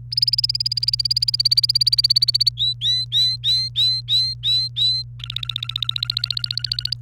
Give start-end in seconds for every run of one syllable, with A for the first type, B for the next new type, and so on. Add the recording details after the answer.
0.12-2.49 A, 2.57-5.03 B, 5.19-6.93 C. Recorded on 28 April 2018 at 14:28. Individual llb3